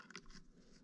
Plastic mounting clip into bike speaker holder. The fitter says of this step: einführen bis es klickt oh schon ein hab gehört